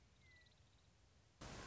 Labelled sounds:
Western Meadowlark (Sturnella neglecta)

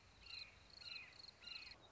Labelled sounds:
Red-shouldered Hawk (Buteo lineatus)

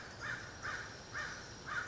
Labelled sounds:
American Crow (Corvus brachyrhynchos)

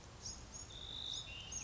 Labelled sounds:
Pacific Wren (Troglodytes pacificus)

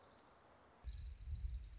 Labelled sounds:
Orange-crowned Warbler (Leiothlypis celata)

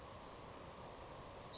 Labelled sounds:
Savannah Sparrow (Passerculus sandwichensis)

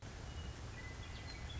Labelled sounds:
Western Meadowlark (Sturnella neglecta)

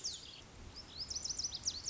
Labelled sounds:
Lazuli Bunting (Passerina amoena)

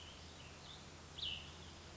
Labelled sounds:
Cassin's Vireo (Vireo cassinii)

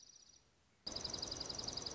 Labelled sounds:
Dark-eyed Junco (Junco hyemalis)

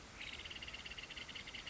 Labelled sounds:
Nuttall's Woodpecker (Dryobates nuttallii)

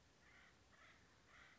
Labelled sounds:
Acorn Woodpecker (Melanerpes formicivorus)

